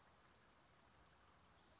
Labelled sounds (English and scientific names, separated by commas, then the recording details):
Western Flycatcher (Empidonax difficilis)
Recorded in Sonoma County, California